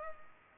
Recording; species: mosquito wingbeat signal from an infrared sensor; Culex pipiens